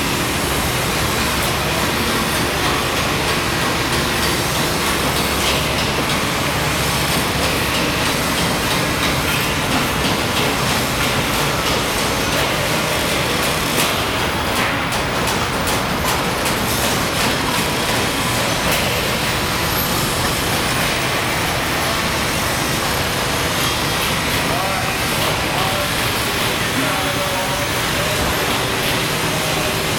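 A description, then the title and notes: A site ambience made of a steady, dense roar that holds the same loudness for the full half minute, heavy in the low rumble with a hiss spread across the top. It sounds like a rolling train or vehicle, with faint voices possibly buried underneath. Simultaneous site ambience.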